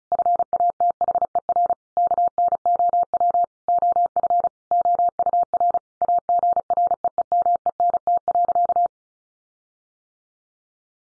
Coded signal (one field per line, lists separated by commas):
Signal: Morse code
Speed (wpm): 34 wpm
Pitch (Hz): 700 Hz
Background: none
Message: FATHER KNOW OF OUR AGREEMENT.